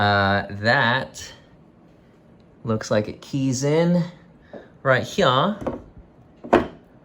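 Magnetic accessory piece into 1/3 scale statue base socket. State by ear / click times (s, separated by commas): seated / 6.5 s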